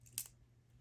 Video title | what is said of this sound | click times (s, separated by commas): Super Mega Art Video: Travel Sketchbook Tour, Pentel Multi 8 Demo, & New Art Supplies Unboxing!🤩 | And you heard that click. Notice now the barrel is clear. | 0.2 s